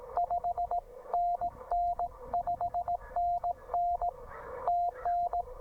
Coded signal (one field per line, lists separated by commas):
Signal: Morse code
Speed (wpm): 17 wpm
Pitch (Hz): 700 Hz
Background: none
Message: 5NN 5NN TN